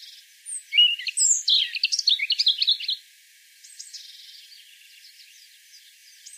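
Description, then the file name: European robin song: a loud, tumbling phrase of high warbles and twitters, followed by softer, fainter thin notes. "Erithacus rubecula"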